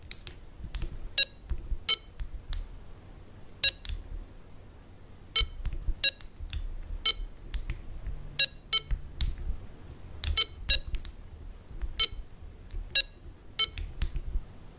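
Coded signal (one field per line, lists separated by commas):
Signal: none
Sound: game's paddle beeps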